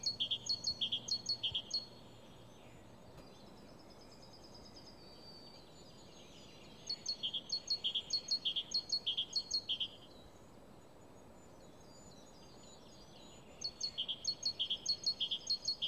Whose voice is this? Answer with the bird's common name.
Great Tit